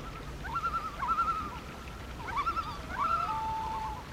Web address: Call of the Loon